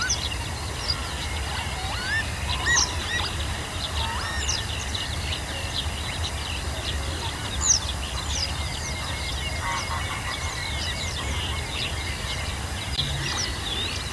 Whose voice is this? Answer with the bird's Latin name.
Motacilla flava